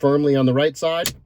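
Plastic phone cradle mount clips for a 2012–2017 Toyota Camry G7 are being pressed onto the center rod of the left dash air vent, left side first and then the right side. Someone talks throughout, with a brief burst of noise near the end. Nothing has seated or clicked into place yet.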